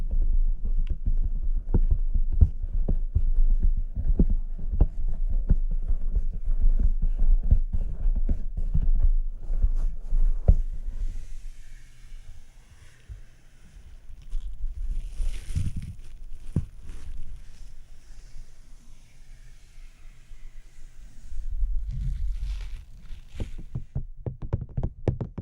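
Rapid, irregular soft taps on a face and camera fill the first ten seconds, then thin out into scattered scratches and occasional louder bumps.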